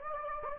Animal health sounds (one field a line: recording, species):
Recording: mosquito wingbeat signal from an infrared sensor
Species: Anopheles gambiae